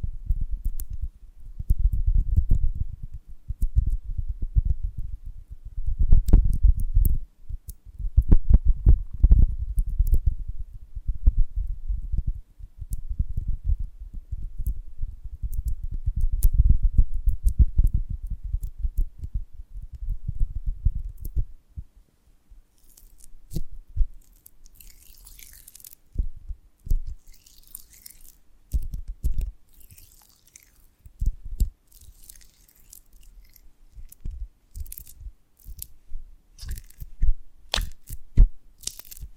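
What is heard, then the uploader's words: ASMR eating of honeycomb on a branch: for the first twenty seconds, dense, deep, thumping chews and bites come in steady bursts. After that it turns quieter and sparser, with scattered soft clicks and bright, sticky crackles popping through the final stretch. ASMR of a Honeycomb on Branch (No Talking).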